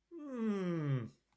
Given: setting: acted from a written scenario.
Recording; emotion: vocal sound without words; embarrassment